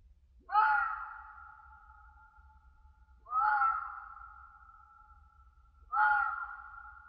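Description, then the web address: Red fox screams: three harsh drawn-out wailing cries, each trailing into a long fading echo. Red fox screaming in winter in a European mountain forest, with natural echo. "European mountain forest animals and soundscapes. Red fox winter scream naural echo"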